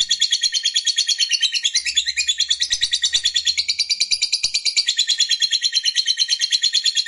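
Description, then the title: Lovebird song, a relentless, evenly pulsed stream of shrill scratchy twitters, very regular. Lovebird of fighter type, singing energetically (gacor). "Berkat SUARA Lovebird FIGHTER GACOR Ini"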